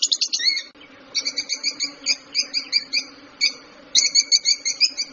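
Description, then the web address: Fischer's lovebird uttering rapid harsh chirps with rich overtones, rattling bursts then a series of clipped repeated notes, brief pauses between runs. "golosa ptic kak poyut popugai nerazlucniki agapornis. agapornis fischeri"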